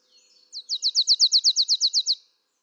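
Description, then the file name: Marsh tit producing a quick chain of a dozen or so high, down-slurred notes, forming a bright rattling trill of under two seconds. "Poecile palustris"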